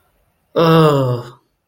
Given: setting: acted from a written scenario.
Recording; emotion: vocal sound without words; negative surprise